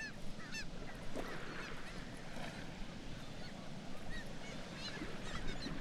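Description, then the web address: Black-legged kittiwakes calling, scattered nasal, wavering calls from several birds against a heavy low rushing background. "sound Black-legged-kittiwake. صدای-پرنده-کاکایی-پاسیاه"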